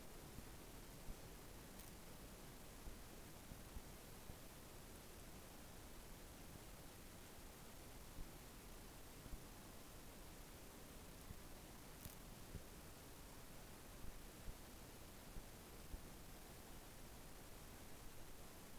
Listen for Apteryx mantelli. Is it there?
no